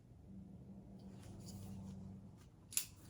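A neopixel blade is pushed into a custom Darth Vader (DV6) lightsaber hilt with a crystal chamber until it meets the PCB pins, and the hilt's thumb screw is tightened. A low steady hum and faint rustles are followed by a single sharp click at 2.8 s. The blade ends up seated and the thumb screw snug.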